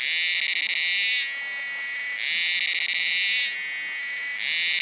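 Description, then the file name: Cicada calling with a steady shrill buzz that shifts rhythmically between a fuller, brighter phase and a thinner phase about every second. "Kearns Corrected Thesis DIGITAL APPENDIX H Cicada"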